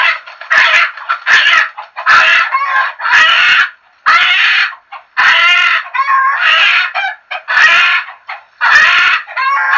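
Chicken calling in loud, rasping squawks, about one per second, of varying length with short gaps between.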